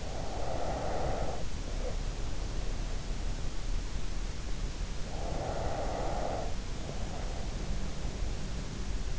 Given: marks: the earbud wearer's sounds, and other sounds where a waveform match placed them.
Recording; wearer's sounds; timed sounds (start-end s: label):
sounds in sleep by an in-ear microphone; breath
0.00-3.40 s: breath
5.12-8.54 s: breath